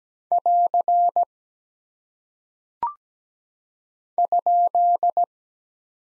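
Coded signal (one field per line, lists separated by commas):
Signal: Morse code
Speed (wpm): 17 wpm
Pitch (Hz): 700 Hz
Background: none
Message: <AR> ?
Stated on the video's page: Morse practice drill at 17 wpm of single punctuation and prosign characters, each sent twice.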